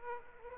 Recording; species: mosquito wingbeat signal from an infrared sensor; Aedes aegypti